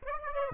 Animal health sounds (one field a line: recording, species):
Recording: mosquito wingbeat signal from an infrared sensor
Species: Aedes aegypti